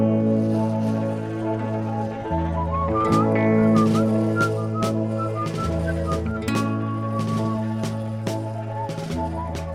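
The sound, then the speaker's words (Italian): A man whistles a bright tune at a railway station as trains depart, the melody winding over steady, droning instrumental chords, rising and falling in short phrases, with no voices. “Si andava spesso alla stazione a vedere i treni andare via, fischiettando una canzone.”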